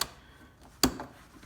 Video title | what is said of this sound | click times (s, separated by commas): Selkirk smx review | wiggle it around until you get the hole just right and then it just snaps into place very | 0.8 s